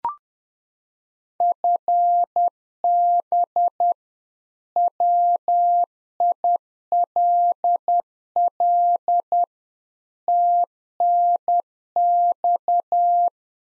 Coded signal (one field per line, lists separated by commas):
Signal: Morse code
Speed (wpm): 10 wpm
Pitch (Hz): 700 Hz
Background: none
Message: FB WILL TNX